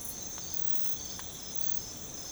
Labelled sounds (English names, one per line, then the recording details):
none
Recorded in secondary vegetation near Puerto Asís, Putumayo, Colombia, on 20 December 2024 at 04:30
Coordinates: 0.468, -76.324
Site G095